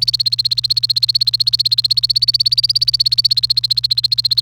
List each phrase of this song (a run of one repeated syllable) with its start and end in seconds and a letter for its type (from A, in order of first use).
0.00-4.42 A